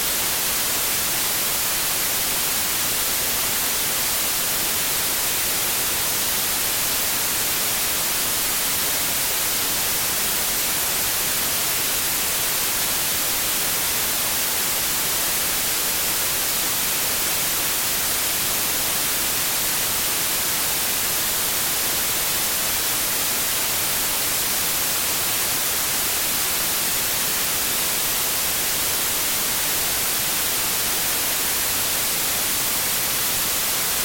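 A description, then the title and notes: A constant fuzz of white noise hisses without a break for the whole clip. It is dense and even, with the bright upper hiss strongest and thinner low rumble beneath. The level holds perfectly steady, with no separate events or background sounds. The constant fuzz of white noise.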